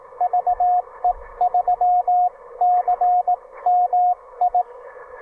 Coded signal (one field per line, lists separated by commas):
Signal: Morse code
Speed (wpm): 18 wpm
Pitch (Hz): 700 Hz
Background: radio noise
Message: VE3CMI